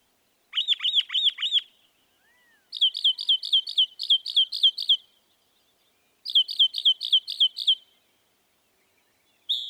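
Northern mockingbird song of high clear chirps in quick repeated sets separated by short pauses.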